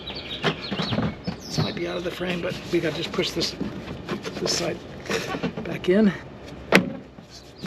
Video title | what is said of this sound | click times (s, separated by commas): Mercedes Sprinter Diesel Fuel Filter Change – Step-by-Step Tutorial | There's a satisfying snap, and then we've got this little guy. | 6.8 s